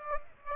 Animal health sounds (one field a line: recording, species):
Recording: mosquito wingbeat signal from an infrared sensor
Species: Aedes aegypti